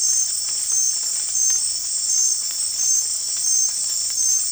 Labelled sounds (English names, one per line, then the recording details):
none
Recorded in dense forest near Puerto Asís, Putumayo, Colombia, on 13 March 2025 at 23:30
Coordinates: 0.503, -76.323
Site GP09